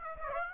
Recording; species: mosquito wingbeat signal from an infrared sensor; Aedes aegypti